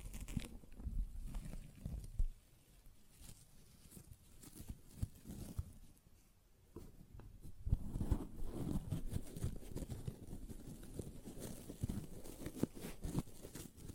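A sponge is handled with squishing and rubbing, making a low, lumpy crackle of irregular soft movement. Sharp little clicks and scratches cut through often, busiest in the first two seconds and again from about seven seconds on, with a quieter lull around five to six seconds.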